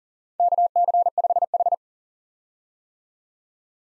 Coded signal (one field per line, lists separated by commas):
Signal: Morse code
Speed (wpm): 40 wpm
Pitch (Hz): 700 Hz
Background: none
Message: KC5H